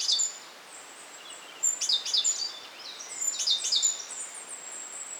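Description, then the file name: Great tit calls: high, thin, sharp notes in short rapid bursts, a few clusters separated by pauses, over a soft hiss. "Parus major"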